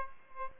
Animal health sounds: mosquito wingbeat signal from an infrared sensor; Aedes aegypti

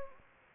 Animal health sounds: mosquito wingbeat signal from an infrared sensor; Anopheles gambiae

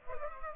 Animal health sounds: mosquito wingbeat signal from an infrared sensor; Culex pipiens

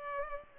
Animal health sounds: mosquito wingbeat signal from an infrared sensor; Culex pipiens

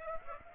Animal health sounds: mosquito wingbeat signal from an infrared sensor; Aedes aegypti

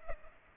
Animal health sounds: mosquito wingbeat signal from an infrared sensor; Culex pipiens

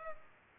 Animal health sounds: mosquito wingbeat signal from an infrared sensor; Culex pipiens

